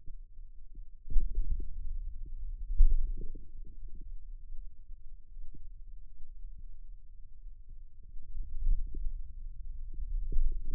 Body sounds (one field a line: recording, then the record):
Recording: forearm muscle sounds (acoustic myography)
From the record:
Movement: wrist extension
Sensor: system 2, bracelet of six BSWA MPA416 microphones around the upper forearm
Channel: 4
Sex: male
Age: 22 years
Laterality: right